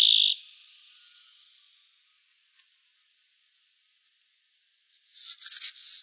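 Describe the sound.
White-crowned sparrow, the lower closing whistle of a song, a long silent gap, then the high pure whistle and fluttering notes that open another phrase.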